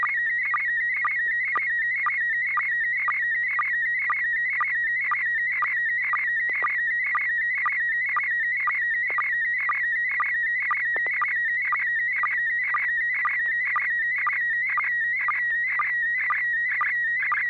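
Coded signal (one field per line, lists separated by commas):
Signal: SSTV (slow-scan television)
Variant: PD120 mode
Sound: warbling tone around 2 kHz with a steady rhythmic chirp twice a second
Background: low mains hum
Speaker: joelie are you ready to share an image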